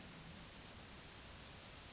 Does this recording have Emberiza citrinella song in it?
no